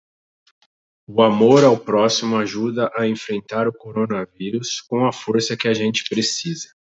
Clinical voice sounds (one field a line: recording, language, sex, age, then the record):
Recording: spoken sentence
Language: Brazilian Portuguese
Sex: male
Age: 40 to 49 years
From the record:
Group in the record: control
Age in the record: 41 years